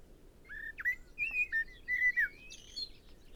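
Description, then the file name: Common blackbird song: fluted whistles sliding around mid pitch in several short phrases, ending in a thin high squeaky flourish; faint background hiss. "Turdus merula"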